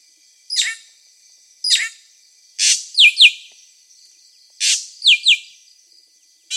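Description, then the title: Drongo song of harsh, buzzy high notes, some bursts followed by quick downslurred chips, phrases repeated every one to two seconds with a steady high hiss behind. "Suara Srigunting. Hobiburung. suara burung srigunting"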